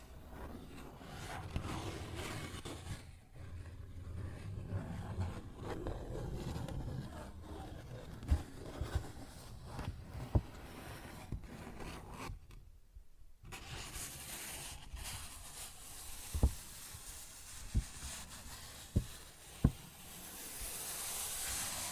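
A paper bag is scratched and rustled in a steady, dense crinkling, mostly low with a dry upper hiss. Sharp taps land every second or two, clustering around 8–10 seconds and again from 16 to 20 seconds. A brief near-silent pause falls around 13 seconds.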